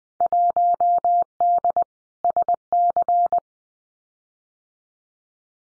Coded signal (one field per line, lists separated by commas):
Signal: Morse code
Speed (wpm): 20 wpm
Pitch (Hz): 700 Hz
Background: none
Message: 1D SC